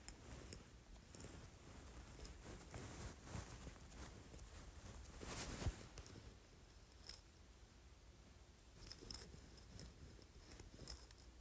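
A jade roller working over skin, giving a soft, continuous rustling and rubbing with small clicks and scrapes scattered throughout. The strokes come irregularly, with a brighter, louder scrape near the middle, then settle back to a quieter, steady rolling.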